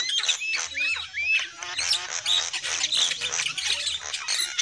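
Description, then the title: Lovebird chatter, busy overlapping high squeaks, sharp squawks and short upslurred whistles, continuous throughout with a faint low hum underneath. Lovebird calls used as a lure for trapping birds. "PIKAT BURUNG LOVEBIRD"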